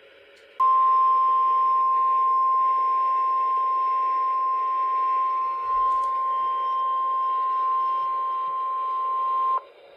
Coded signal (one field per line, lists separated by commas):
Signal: Emergency Alert System (SAME) tones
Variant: 1050 Hz attention tone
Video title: From Squalls to Supercells - EAS Alerts from April 2-3, 2024 || EAS 1,149-1,171